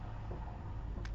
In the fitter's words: this time there's a really satisfying click and as you can see we got a perfect line up there